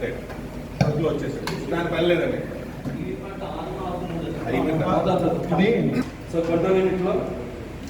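A cable plug is being fitted into a voting machine unit socket while a man talks throughout. No distinct click stands out, and nothing has seated or clicked yet; the connector is still being handled and has not locked home.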